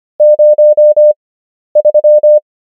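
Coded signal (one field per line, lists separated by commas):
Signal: Morse code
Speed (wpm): 25 wpm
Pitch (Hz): 600 Hz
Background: none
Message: 03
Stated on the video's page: Morse number practice at 25 wpm character speed with 11 wpm Farnsworth word speed, English.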